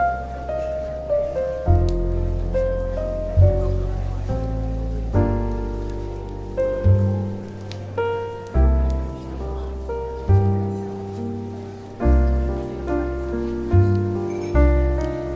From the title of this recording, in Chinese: 咖啡馆氛围与轻松舒缓的爵士音乐